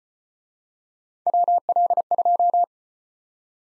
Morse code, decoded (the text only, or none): WL2